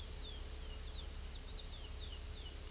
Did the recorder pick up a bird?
yes